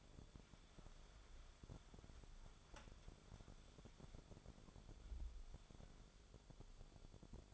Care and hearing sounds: daily activity, microphone in the room; wipe stove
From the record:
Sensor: 5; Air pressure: 1015.1 hPa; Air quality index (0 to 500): 136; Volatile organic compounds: 3 ppm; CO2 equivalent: 1470 ppm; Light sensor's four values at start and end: 35/84/34/36 and 36/84/34/36

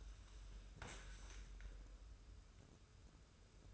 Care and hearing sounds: daily activity, microphone in the room; sit down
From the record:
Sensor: 2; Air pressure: 994.3 hPa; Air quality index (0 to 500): 203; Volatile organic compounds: 1000 ppm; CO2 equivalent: 6674 ppm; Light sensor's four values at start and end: 93/212/92/96 and 116/278/117/122

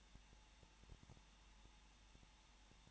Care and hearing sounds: daily activity, microphone in the room; no activity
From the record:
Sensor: 1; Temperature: 20.1 degrees Celsius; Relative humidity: 39.4%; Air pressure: 1006.4 hPa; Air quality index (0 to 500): 218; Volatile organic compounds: 80 ppm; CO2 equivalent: 3604 ppm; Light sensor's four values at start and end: 1/2/1/1 and 1/2/1/1

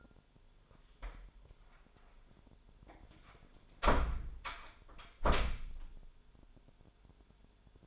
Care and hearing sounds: daily activity, microphone in the room; close door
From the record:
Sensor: 5

